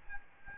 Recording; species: mosquito wingbeat signal from an infrared sensor; Aedes albopictus